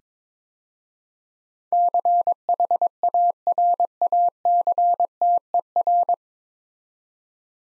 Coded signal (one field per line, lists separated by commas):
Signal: Morse code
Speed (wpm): 22 wpm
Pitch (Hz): 700 Hz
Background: none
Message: CHARACTER